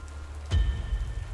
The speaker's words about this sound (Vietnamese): Mưa bắt đầu lớn dần.